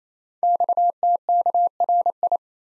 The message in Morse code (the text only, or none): XTKRI